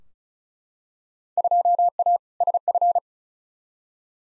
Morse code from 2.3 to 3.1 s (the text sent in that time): SF